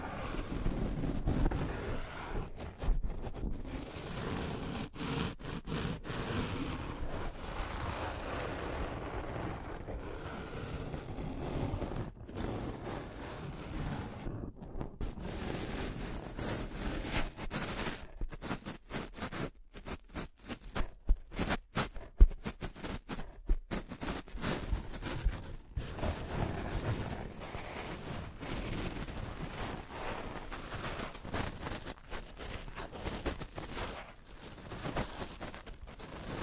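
Scratching and tracing sounds rasp along in uneven strokes, mostly low and rough with some brighter scraping on top. The texture is dense and continuous, broken by frequent short gaps, with a choppier, more stop-start stretch around 15 to 25 seconds.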